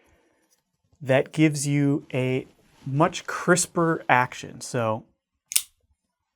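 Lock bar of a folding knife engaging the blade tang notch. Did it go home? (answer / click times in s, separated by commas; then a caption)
yes / 5.6 s. Someone talks, then the blade of a lockback folding knife is flicked open and the lock bar, which has a small ceramic ball embedded in its face, drops into the notch in the blade tang. A sharp, crisp snap is heard at 5.6 s as the blade locks. The blade is seated and locked.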